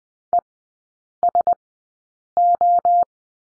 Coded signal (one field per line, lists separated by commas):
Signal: Morse code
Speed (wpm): 20 wpm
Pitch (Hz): 700 Hz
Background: none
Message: ESO